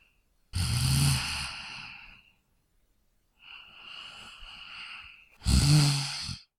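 Snoring from an adult sleeper: two loud, low-pitched snores separated by a softer, breathy exhalation.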